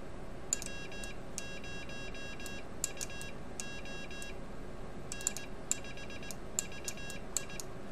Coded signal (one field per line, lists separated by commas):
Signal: Morse code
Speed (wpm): 19 wpm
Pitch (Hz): 2750 Hz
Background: none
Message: W0UO N5VI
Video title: CW Practice Game Software ~ WinKeyer USB & Iambic Master ~ Get Fast at CW Morse!